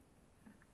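A case screw is turned counter-clockwise in the plastic threaded boss of an HT118A autoscaling digital multimeter housing during reassembly, a reverse spin meant to find the existing thread so the plastic is not damaged. Only faint, low handling noise is heard over the short clip. The screw has not yet clicked into the thread and nothing has seated.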